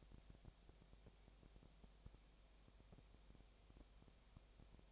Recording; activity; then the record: daily activity, microphone in the room; no activity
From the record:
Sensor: 1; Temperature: 19.8 degrees Celsius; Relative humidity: 37.9%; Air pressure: 998.8 hPa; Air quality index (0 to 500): 233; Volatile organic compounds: 134 ppm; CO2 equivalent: 3949 ppm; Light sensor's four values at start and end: 1/2/1/1 and 1/2/1/1